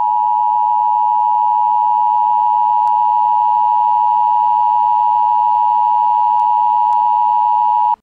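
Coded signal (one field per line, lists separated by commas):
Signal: Emergency Alert System (SAME) tones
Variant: 853 and 960 Hz attention tone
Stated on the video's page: Alert recreated from the movie Atomic Train.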